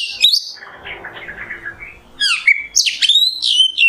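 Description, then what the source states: Oriental magpie-robin song opening with a bright whistle, then a quieter scratchy passage, ending in loud, sharp, sliding whistles and chips. Masteran tutor song of kacer in the nembak style.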